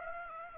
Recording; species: mosquito wingbeat signal from an infrared sensor; Aedes aegypti